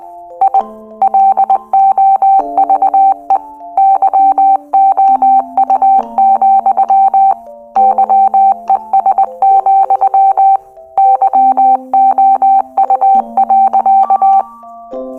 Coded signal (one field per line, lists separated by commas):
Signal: Morse code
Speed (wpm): 20 wpm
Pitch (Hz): 780 Hz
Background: music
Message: I LOVE YOU, YES, YOU.